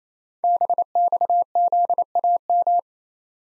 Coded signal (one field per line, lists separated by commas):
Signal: Morse code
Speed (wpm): 29 wpm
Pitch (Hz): 700 Hz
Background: none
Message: BXZAM